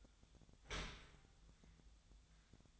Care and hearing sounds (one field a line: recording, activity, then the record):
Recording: daily activity, microphone in the room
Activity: open dishwasher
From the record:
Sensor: 3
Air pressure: 1004.7 hPa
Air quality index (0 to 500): 101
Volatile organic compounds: 4 ppm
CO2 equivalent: 1579 ppm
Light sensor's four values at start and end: 7/17/7/6 and 7/17/7/6